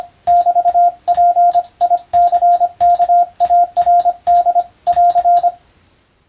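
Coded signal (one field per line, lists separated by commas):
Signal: Morse code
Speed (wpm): 25 wpm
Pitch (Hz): 700 Hz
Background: radio noise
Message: <BT>PICKARD <AR>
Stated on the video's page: CW sent for training for the Japanese radio operator exam telegraphy subject, using European-language telegram practice texts; also suited to amateur receiving practice.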